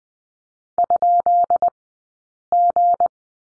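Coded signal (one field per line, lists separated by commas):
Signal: Morse code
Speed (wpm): 20 wpm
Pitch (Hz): 700 Hz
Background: none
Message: ?G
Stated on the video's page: Morse code course lesson on the letter b, two characters, sent at a Farnsworth speed of 20/10 wpm.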